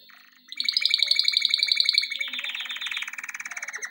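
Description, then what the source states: Canary song: a loud, rapid rolling trill that begins abruptly and then shifts pitch partway through into another fast, buzzy roll. Canary song intended for training.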